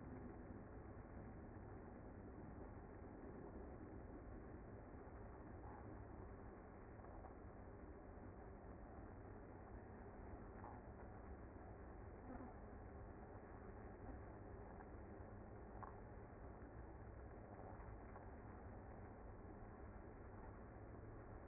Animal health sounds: honeybee colony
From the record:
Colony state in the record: active

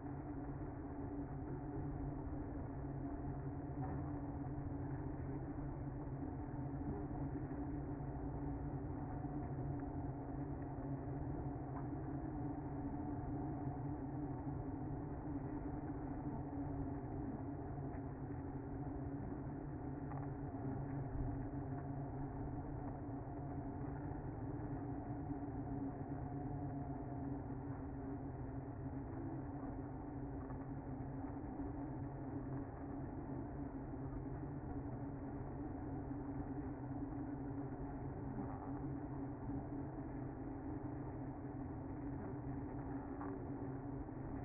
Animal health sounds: honeybee colony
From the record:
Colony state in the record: active

